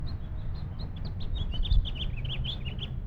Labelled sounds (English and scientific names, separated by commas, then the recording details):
House Finch (Haemorhous mexicanus) song
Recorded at Lynbrook on Long Island, New York, on 17 June 1975
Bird D